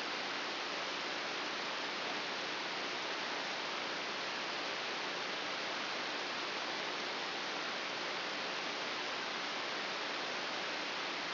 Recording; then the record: brain microelectrode recording played as sound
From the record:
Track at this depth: inside the subthalamic nucleus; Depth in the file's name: 3.602 mm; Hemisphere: right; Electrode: 3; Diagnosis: Parkinson's disease